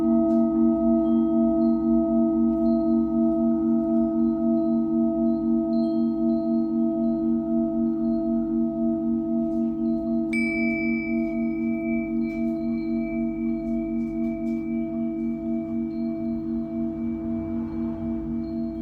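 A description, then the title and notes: A Tibetan singing bowl rings with a low, steady hum and a faint wobbling pulse, fading slowly over the whole clip. Near the middle, around ten seconds, a second bright, high tone enters and sustains above it, with light ticks and birdlike chirps behind. Tibetan Singing Bowl のサウンドヒーリング.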